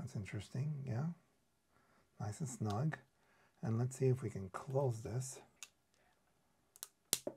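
Someone talks while fitting a new battery into a VX6 handheld radio, then presses the plastic back cover closed onto the transceiver body. A few small clicks come just before a loud, sharp snap at 7.1 seconds as the cover seats and snaps shut.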